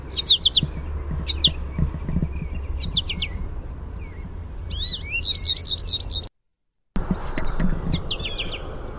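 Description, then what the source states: American goldfinch twittering: several brief high chirps, then a longer run of slurred sweet notes, a short gap, and more chirps over low rumbling noise. Contact song with "sweeet" notes.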